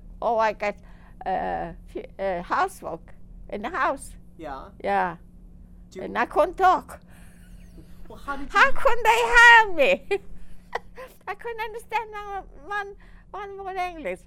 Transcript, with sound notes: Oh, I got, uh, housework, in the house, yeah. And I couldn't talk. ( she laughs ) How could they hire me? I couldn't understand one, one word of English.